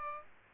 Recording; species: mosquito wingbeat signal from an infrared sensor; Aedes aegypti